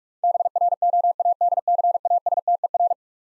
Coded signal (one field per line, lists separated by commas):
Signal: Morse code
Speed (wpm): 46 wpm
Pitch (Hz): 700 Hz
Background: none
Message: BROADCASTER